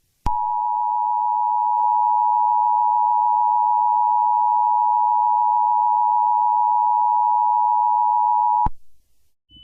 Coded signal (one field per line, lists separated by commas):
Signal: Emergency Alert System (SAME) tones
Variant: 853 and 960 Hz attention tone